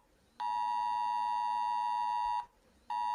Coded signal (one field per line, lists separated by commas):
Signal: Emergency Alert System (SAME) tones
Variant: 853 and 960 Hz attention tone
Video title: EAS Alerts and Sirens used in New Zealand